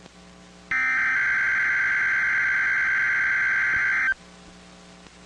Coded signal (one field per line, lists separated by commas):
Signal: Emergency Alert System (SAME) tones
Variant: header bursts